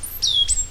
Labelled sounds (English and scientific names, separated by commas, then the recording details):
Stitchbird (Notiomystis cincta) song
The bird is a male
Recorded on Tiritiri Matangi Island, New Zealand, in 2005
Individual 10, of nest box 12